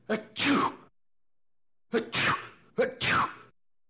Human sneeze male sneeze.